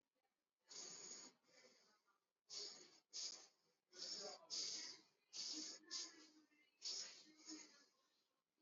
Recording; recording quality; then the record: shallow breathing; excellent, no background noise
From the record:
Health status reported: healthy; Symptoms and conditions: none ticked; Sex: male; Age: 26 years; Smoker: not ticked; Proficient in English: yes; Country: India